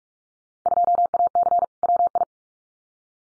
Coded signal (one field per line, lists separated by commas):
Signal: Morse code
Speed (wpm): 44 wpm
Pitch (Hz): 700 Hz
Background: none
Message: 2AC WI